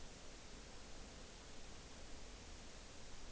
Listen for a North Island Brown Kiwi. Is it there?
no